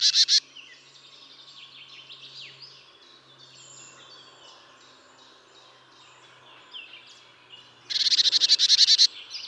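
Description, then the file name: Marsh tit calls: a brief buzzy burst at the start, then a rapid series of buzzy repeated notes near the end, with other bird sounds between. "Poecile palustris"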